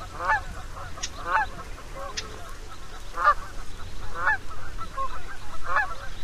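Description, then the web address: Canada goose honks, short nasal calls repeated about once a second with some softer overlapping calls, above a strong low rumble. "Songs of Birds of North America Know Your Bird Sounds. Canada Goose"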